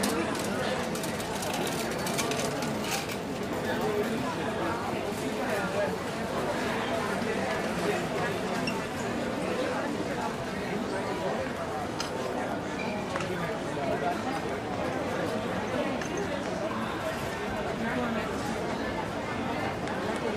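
Restaurant sounds: a dense, steady murmur of many overlapping voices fills the room, with no single speaker standing out. Faint clinks and knocks of dishes or cutlery surface now and then throughout, and the overall level stays even from start to finish.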